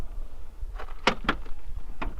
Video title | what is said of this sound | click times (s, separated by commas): Kuat NV BASE 2.0 - Review, Demonstration, and Installation by Rack Attack | it locks into position you'll feel it click and you're ready to roll | 1.1 s